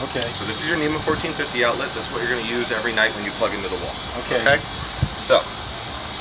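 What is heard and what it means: Someone talks while handling a NEMA 14-50 outlet plug adapter for the mobile charging unit of a new Tesla Model S, about to push it onto the unit. There are soft handling noises under the speech, and the adapter has not clicked into place yet by the end of the clip.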